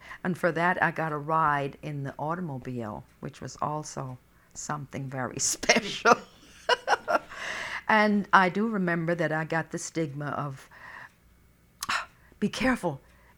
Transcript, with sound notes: And for that I got a ride in the automobile, which was also something very special. ( she laughs ) And I do remember that I got the stigma of, "Be careful!